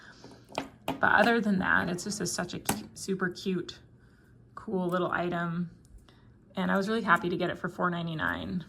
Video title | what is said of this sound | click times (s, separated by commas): We went on a thrifting road trip!! VINTAGE HOME DECOR - Value Village and Goodwill | harder to close. And this side doesn't latch all the way. | 0.6 s, 0.9 s